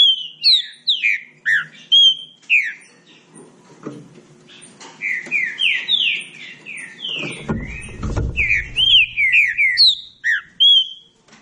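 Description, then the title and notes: Green-winged saltator singing phrases of slurred whistles, a brief lull, then a rapid series of downslurred notes, with low thumps in places. Classic song style (canto clássico) of the green-winged saltator, used for training singing birds. "Canto Clássico Trinca Ferro TREINAMENTO. trinca fero"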